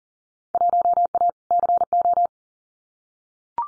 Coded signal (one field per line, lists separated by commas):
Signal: Morse code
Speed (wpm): 38 wpm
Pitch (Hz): 700 Hz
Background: none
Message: 1A CO